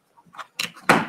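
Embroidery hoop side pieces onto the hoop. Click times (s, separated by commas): 0.6 s, 0.9 s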